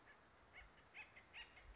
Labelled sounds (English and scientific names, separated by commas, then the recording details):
Acorn Woodpecker (Melanerpes formicivorus)
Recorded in Sonoma County, California